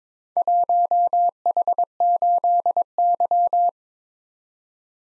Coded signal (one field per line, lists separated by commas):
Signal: Morse code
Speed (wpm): 22 wpm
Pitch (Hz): 700 Hz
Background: none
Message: 1H8Y